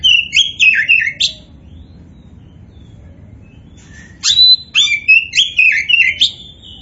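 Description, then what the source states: Oriental magpie-robin: two rich phrases of rising and falling whistles separated by a pause of a few seconds. Kacer poci variety, described as gacor (singing actively).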